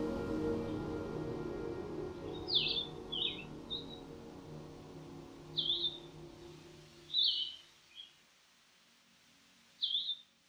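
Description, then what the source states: Blue-headed Vireo singing short slurred phrases separated by pauses of up to two seconds; a low hum fades away midway, leaving the phrases clear against quiet. Songful insectivore breeding in boreal and montane forests; its most used song is slower and sweeter than the red-eyed vireo's, with longer pauses between phrases.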